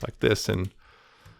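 Someone talks while a plastic panel is slotted over the top of a Transformers Legacy Motormaster figure, with faint handling noise underneath. Nothing has seated or clicked yet; the clip ends just before the panel clicks into place.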